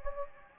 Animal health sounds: mosquito wingbeat signal from an infrared sensor; Anopheles gambiae

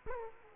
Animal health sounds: mosquito wingbeat signal from an infrared sensor; Aedes aegypti

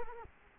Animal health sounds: mosquito wingbeat signal from an infrared sensor; Culex quinquefasciatus

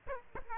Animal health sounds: mosquito wingbeat signal from an infrared sensor; Aedes aegypti

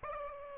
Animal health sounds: mosquito wingbeat signal from an infrared sensor; Aedes aegypti

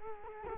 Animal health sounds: mosquito wingbeat signal from an infrared sensor; Culex quinquefasciatus

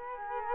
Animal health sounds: mosquito wingbeat signal from an infrared sensor; Culex quinquefasciatus

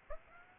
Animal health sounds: mosquito wingbeat signal from an infrared sensor; Aedes aegypti

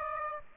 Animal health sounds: mosquito wingbeat signal from an infrared sensor; Aedes aegypti

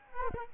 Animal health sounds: mosquito wingbeat signal from an infrared sensor; Culex quinquefasciatus

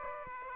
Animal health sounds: mosquito wingbeat signal from an infrared sensor; Aedes aegypti

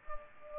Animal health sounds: mosquito wingbeat signal from an infrared sensor; Culex pipiens

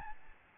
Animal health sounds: mosquito wingbeat signal from an infrared sensor; Aedes albopictus

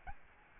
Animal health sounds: mosquito wingbeat signal from an infrared sensor; Aedes albopictus

